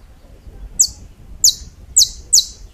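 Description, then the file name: Saffron finch song: four sharp, high descending chirps over a quiet background. "Canto-do-Canário-da-Terra"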